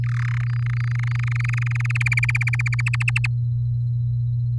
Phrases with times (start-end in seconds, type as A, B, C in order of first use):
0.04-0.44 A, 0.46-1.98 B, 2.00-2.81 C, 2.86-3.27 D